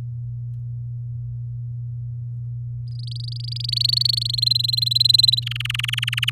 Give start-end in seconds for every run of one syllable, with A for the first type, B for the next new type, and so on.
2.88-4.40 A, 4.42-5.40 B, 5.42-6.30 C